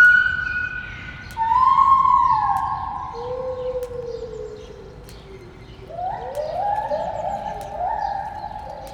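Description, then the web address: White-handed gibbon song: long sliding whoops that fall in pitch, a pause, then a few rising notes. Singing in the monkey house at Debrecen Zoo in 2012. "allathangok debrecenizoo 2012 feherkezugibbon enekamajomhazbol villanypasztor"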